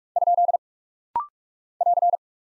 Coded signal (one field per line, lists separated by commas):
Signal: Morse code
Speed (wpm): 46 wpm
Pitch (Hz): 700 Hz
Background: none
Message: ? <AR>